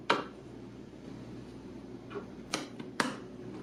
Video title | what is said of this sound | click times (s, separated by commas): Review Crucial CT2K16G4DFD824A 32Gb Kit, 2 x 16GB Geheugen | and just snaps right in. | 2.5 s, 3.0 s